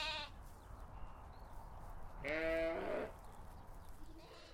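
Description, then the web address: Sheep bleating: a brief bleat at the start, a loud bleat in the middle, and a faint one at the end, with quiet background in between. Sheep on a farm. "Lynne Music 2 Animals-Sheep-Farm"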